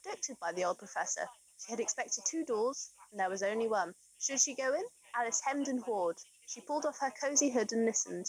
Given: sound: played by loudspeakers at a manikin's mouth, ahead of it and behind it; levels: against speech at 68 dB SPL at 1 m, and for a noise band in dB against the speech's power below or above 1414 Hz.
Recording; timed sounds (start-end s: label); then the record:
test signals for a remote microphone
0.00-8.29 s: woman speaking, babble ahead at +6 dB SNR for speech at 1 m
From the record:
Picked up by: remote microphone C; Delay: 23 ms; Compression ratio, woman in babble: 1.51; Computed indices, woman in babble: HASPI 0.867, HASQI 0.307 (non-linear 0.358, linear 0.857), ESTOI 0.784